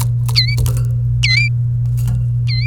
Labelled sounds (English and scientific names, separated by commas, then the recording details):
Domestic Canary (Serinus canaria) song
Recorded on 28 April 2018 at 07:02
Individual llb3